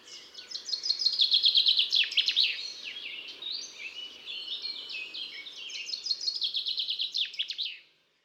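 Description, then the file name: Common chaffinch song: rapid runs of bright notes in two bursts, the second ending in a quick flourish. "Pinson des arbres"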